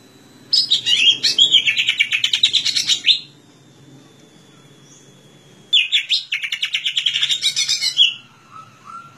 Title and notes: Suara Burung Cucak Ijo. masteran burung cak ijo